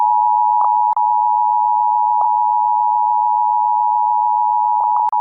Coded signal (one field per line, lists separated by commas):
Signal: Emergency Alert System (SAME) tones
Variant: 853 and 960 Hz attention tone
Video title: EAS Alerts from September 21-22, 2024 [EAS #1,859-1,873]